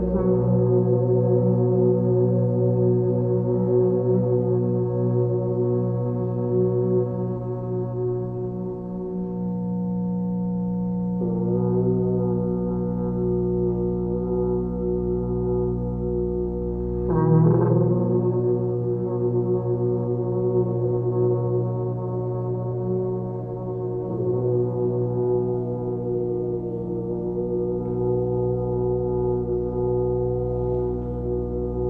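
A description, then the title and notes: Earth horns blow a thick, steady low drone over an electronic hum, with stacked tones shifting around 11 and 17 seconds. Earth Horns with Electronic Drone.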